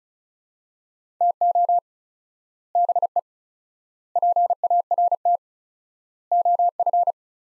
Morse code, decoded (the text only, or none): TO BE PART OF